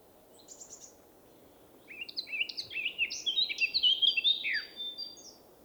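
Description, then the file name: Eurasian blackcap song: a few thin high notes, then a fast, rich warble of whistled slurs. "Sylvia atricapilla"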